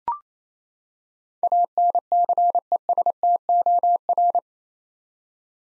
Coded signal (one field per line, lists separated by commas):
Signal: Morse code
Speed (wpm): 28 wpm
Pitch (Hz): 700 Hz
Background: none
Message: ANCESTOR